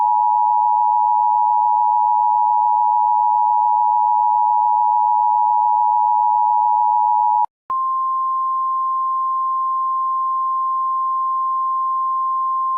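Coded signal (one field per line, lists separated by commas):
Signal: Emergency Alert System (SAME) tones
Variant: 853 and 960 Hz attention tone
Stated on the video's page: Mock alert: simulated, not a real broadcast.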